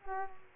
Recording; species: mosquito wingbeat signal from an infrared sensor; Culex quinquefasciatus